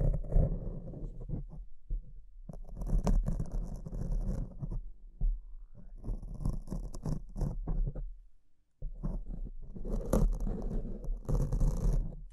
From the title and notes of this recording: ASMR Brain Melting Mic Scratching (No Talking).